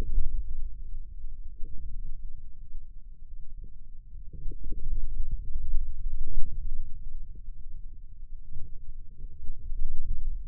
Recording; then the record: forearm muscle sounds (acoustic myography)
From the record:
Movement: hand closing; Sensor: system 2, bracelet of six BSWA MPA416 microphones around the upper forearm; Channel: 2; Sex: male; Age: 22 years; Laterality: right